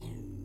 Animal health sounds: pig call; weaner (32 to 43 days)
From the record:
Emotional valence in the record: negative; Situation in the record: negative conditioning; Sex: female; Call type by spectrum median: low-frequency call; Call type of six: low-frequency stable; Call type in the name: low-frequency stable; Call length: 0.45 s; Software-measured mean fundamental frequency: 38 Hz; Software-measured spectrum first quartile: 91 Hz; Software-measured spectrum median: 192 Hz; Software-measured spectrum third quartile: 443 Hz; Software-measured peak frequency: 106 Hz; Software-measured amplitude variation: 92 dB a second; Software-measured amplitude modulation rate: 27.8 a second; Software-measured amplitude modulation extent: 3.3 dB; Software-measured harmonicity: -0.1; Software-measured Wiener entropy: 0.16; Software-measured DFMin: 855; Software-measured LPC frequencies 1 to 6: 271, 2135, 3502, 4095, 4955, 6814 Hz

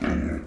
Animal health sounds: pig call; growing-finishing pig (85 days or more)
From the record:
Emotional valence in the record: negative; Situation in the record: barren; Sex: male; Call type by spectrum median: low-frequency call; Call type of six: low-frequency modulated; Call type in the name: low-frequency modulated, not sure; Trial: 3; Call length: 0.47 s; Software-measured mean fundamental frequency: 46 Hz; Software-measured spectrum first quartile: 176 Hz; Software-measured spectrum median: 313 Hz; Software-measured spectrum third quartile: 900 Hz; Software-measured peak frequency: 238 Hz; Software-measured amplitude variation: 175 dB a second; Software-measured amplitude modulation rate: 25.7 a second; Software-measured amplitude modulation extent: 6.8 dB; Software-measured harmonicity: -0.8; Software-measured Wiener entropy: -1.28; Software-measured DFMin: 837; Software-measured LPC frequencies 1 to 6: 1566, 2198, 2886, 3906, 5371, 6137 Hz

